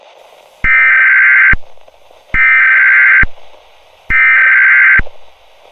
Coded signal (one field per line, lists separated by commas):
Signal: Emergency Alert System (SAME) tones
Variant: header bursts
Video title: California EAS Test, 2029